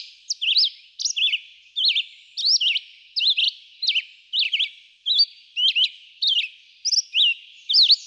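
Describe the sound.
Red-eyed vireo singing quick phrases, each a few sharp up-and-down notes, delivered steadily with short gaps between them.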